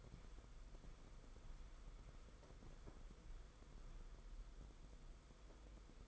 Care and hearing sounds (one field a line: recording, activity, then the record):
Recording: daily activity, microphone in the room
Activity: walk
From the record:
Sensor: 5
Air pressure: 990.9 hPa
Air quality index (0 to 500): 148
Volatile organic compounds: 147 ppm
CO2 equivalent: 4010 ppm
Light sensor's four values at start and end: 41/127/48/52 and 41/126/48/52